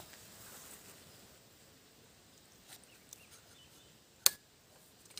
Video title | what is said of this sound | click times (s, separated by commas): EuroTek Gold Metal Detector - Training Device Setting - Price in Pakistan - 03-111-444-615 | ग गया tight हो गया अब इसको यहां से लॉक करने वापस लॉक हो गया यहां | 4.3 s